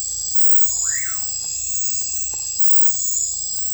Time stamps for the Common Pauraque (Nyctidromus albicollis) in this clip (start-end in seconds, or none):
0.69-1.38